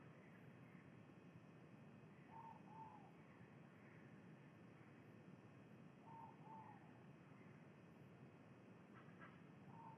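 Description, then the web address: Ivory-breasted pitta calling: a mellow two-note whistle repeated about four seconds apart, with faint higher notes from another bird over steady low rumble. Recorded in Indonesia. "ULM-DS-Lab indonesian-bird-sounds. Pitta maxima"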